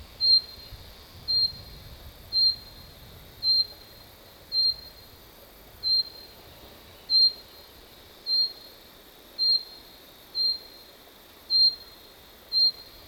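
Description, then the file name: Common chaffinch calling: a single high, thin note repeated about once a second, steady and evenly spaced. "Fringilla coelebs"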